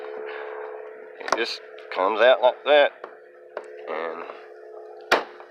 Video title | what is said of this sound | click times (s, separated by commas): Lifetime tahoma kayak fishing upgrade | snaps back in. | 5.1 s